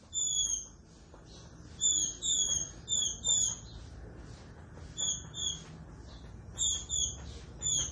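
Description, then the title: Green-winged saltator song: clear, slightly falling whistled notes in short paired phrases, repeated at irregular intervals over a steady background hiss. Classic-style song, for training birds. "Canto Clássico Trinca Ferro TREINAMENTO"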